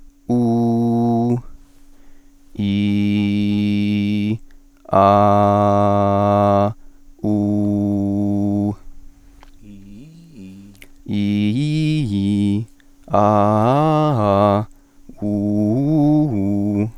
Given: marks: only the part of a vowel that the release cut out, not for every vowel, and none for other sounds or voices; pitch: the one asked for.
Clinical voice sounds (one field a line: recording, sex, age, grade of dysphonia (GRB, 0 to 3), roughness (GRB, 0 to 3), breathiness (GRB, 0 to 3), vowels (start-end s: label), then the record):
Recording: sustained vowels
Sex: male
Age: 20 to 29 years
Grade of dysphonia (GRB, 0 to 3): 0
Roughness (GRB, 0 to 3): 0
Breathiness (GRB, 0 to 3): 0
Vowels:
0.50-1.16 s: vowel /u/, normal pitch
2.73-4.20 s: vowel /i/, low pitch
5.12-6.13 s: vowel /a/, low pitch
7.37-8.61 s: vowel /u/, low pitch
11.17-12.52 s: vowel /i/, low-high-low pitch
13.21-14.54 s: vowel /a/, low-high-low pitch
15.31-16.76 s: vowel /u/, low-high-low pitch
From the record:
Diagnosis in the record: healthy voice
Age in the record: 21 years